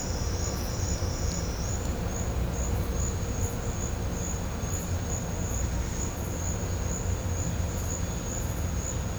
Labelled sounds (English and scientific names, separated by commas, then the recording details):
none
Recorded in pastures near Puerto Asís, Putumayo, Colombia, on 18 December 2024 at 11:30
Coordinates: 0.502, -76.324
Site G077